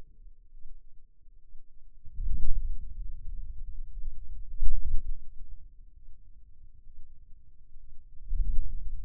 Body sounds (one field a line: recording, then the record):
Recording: forearm muscle sounds (acoustic myography)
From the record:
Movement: hand closing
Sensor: system 2, bracelet of six BSWA MPA416 microphones around the upper forearm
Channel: 5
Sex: male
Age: 22 years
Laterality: right